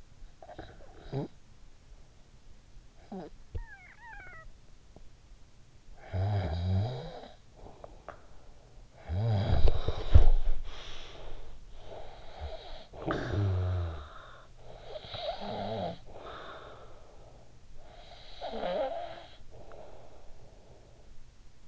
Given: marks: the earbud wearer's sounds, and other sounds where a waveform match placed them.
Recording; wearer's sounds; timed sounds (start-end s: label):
sounds in sleep by an in-ear microphone; snoring breath
0.00-1.71 s: snoring breath
2.88-4.97 s: snoring breath
5.82-21.37 s: snoring breath